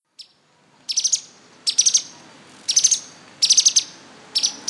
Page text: Ding Li Yong - Пестрогрудая нектарница-пауколовка (Arachnothera magna)